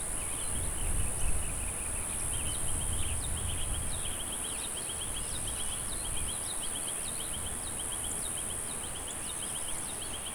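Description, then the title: High steady cicada buzz continues throughout, with repeated bird chirps and a low rumble early on. "neoscenes: cicadas"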